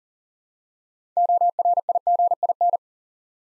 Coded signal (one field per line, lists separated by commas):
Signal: Morse code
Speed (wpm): 38 wpm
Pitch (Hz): 700 Hz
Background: none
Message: ORIGIN